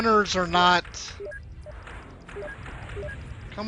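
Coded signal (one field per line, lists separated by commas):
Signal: none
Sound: game weapon beeps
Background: speech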